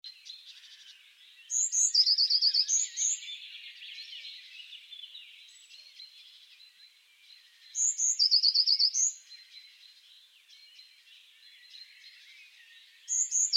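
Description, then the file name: Eurasian blue tit repeating a phrase of two high piping notes and a quick trill about every six seconds, with a dense chorus of other birds behind. "Cyanistes caeruleus"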